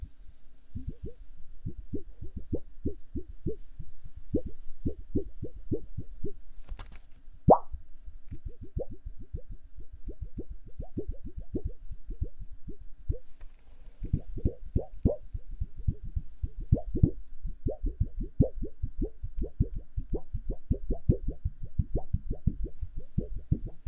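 Quick hollow plops and taps from a tube-like object repeat steadily for the whole stretch, low and muffled with a soft ring. Around seven seconds the rhythm breaks for a sharp click and a brief squeak before the dense tapping resumes.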